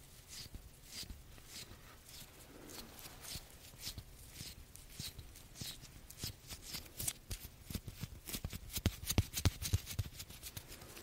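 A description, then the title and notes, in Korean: Tingly puff sounds: soft, papery pats and brushes come in a quick, uneven stream with no steady rhythm. The taps are crisp and airy, and they grow louder and more crowded after about eight seconds, with a burst of firm pats near the end. 팅글 덩어리 퍼프 소리.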